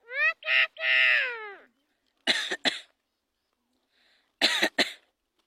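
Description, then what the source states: Common myna mimicking speech: a high, harmonic, wavering drawn-out utterance falling at its end, then two pairs of short, harsh, breathy bursts separated by silence. Talking Indian myna, described as speaking to people.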